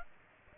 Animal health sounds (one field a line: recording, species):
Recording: mosquito wingbeat signal from an infrared sensor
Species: Aedes aegypti